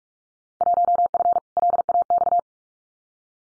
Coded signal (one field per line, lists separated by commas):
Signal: Morse code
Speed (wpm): 44 wpm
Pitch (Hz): 700 Hz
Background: none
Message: 1F LAX